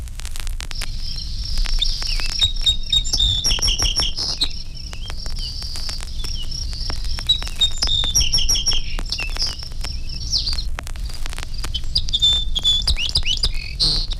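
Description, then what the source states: Song Sparrow songs: bright, high notes in repeated phrases running into rapid varied series, continuing through most over crackling clicks and low hiss. Four song sparrows singing varied songs that begin with two or three similar notes or phrases, followed by rapid notes of different pitches and qualities.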